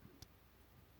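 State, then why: Not seated. The adjustable front splitter on a diecast toy car body is handled, being pushed up toward its raised position for running the car on a track. A faint handling tick is heard around 0.2 s over quiet low rumble. Nothing has seated or clicked yet.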